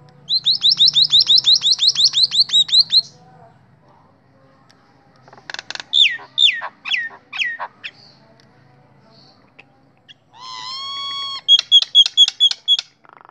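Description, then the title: Nias hill myna song: a quick burst of loud rising whistles, a pause, a few harsh falling notes, then a drawn-out note and another fast ringing series. Loud, very vocal singing bird, recorded as a master model for training other songbirds (masteran). "Burung Jalak Nias Gacor Suara Super Gledek Untuk Masteran"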